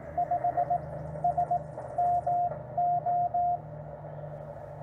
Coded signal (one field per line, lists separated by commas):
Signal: Morse code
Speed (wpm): 19 wpm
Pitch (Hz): 690 Hz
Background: radio noise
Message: 5SMO